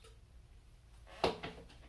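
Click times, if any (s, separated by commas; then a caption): 1.2 s. A cooking pot is slid onto a backpacking stove burner using its slide-in mount and locks in place. A soft sliding rustle builds from about 1.0 s, then a sharp lock hit lands at 1.2 s, followed by a smaller knock at about 1.4 s. The pot is seated on the burner.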